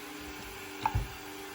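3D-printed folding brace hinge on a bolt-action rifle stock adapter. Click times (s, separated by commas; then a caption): 0.9 s. A 3D-printed folding brace hinge (PLA/PETG-CF) on a bolt-action rifle stock adapter for a Savage 110 PCS is unlocked with a downward push, swung, and snapped back into its locked position. A sharp click at 0.9 s is followed by a low thump. The brace locks into place and holds firm.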